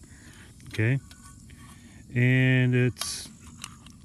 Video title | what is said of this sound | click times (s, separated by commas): The French Army Canteen Cup Stove. | two legs a pop up like this snap into place okay and it will allows | 3.6 s, 3.9 s